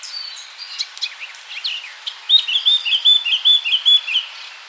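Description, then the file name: Eurasian blackcap song opening with soft scratchy notes, then breaking into a loud, clear fluting series of repeated whistled phrases. "Sylvia atricapilla"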